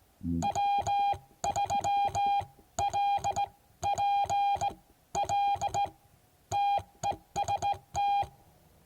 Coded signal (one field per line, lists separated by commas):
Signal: Morse code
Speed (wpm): 16 wpm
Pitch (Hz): 810 Hz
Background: none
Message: W3LPL TEST